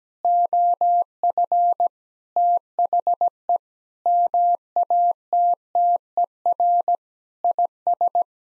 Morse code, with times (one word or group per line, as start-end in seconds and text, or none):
0.2-1.9 OF
2.4-3.6 THE
4.1-7.0 MATTER
7.4-8.2 IS